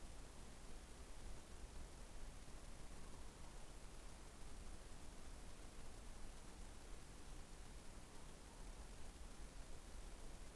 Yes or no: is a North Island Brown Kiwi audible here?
no